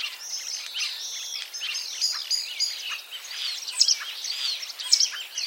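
Common starling pouring out a scratchy, continuous medley of whistles and chatter with a few brief, sharp high notes over background hiss.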